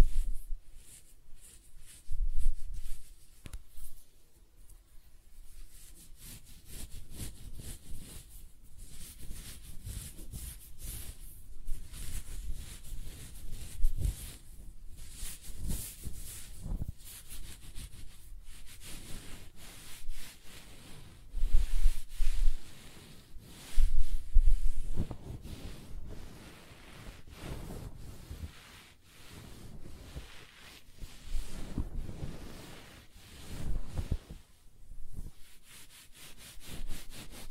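Close-up hair sounds: irregular scratching and rubbing strokes, soft crackly rustles with low thumps, denser and louder bursts around 25 and 34 seconds.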